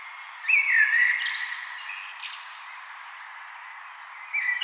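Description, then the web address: Common blackbird song: a melodious low whistled phrase followed by scratchy high twittering notes, then quiet before the next phrase starts. "vogelstimmen amsel gesang nabu lars lachmann"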